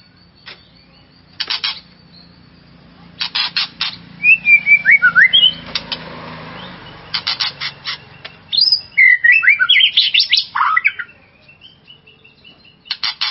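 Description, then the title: White-rumped shama song mixing harsh rattles with quick descending whistled notes, pauses between phrases, over a faint low hum. "murai batu"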